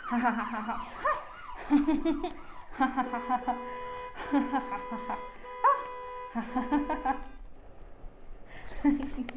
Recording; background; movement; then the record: laughter; traffic; sitting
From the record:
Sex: female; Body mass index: 22.6 kg/m2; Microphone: on the chest, facing outward